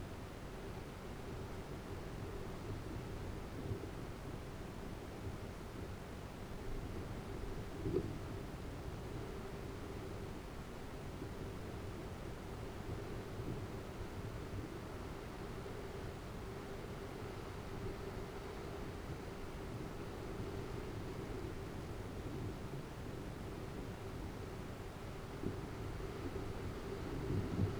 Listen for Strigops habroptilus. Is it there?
no